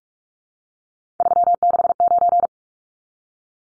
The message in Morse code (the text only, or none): 369